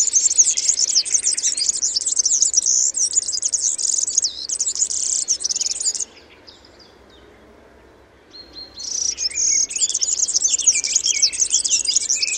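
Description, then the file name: European serin song, an extended high, wiry, jingling twitter lasting six seconds, a brief silence, then the rapid buzzy jangle resumes. "Kulczyk"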